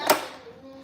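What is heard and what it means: A blender lid is pressed onto its jar without a required part fitted, giving one sharp knock at about 0.1 s followed by faint fading ringing tones. The lid does not click or close, because the safety interlock stops it from locking. Nothing has seated or clicked yet.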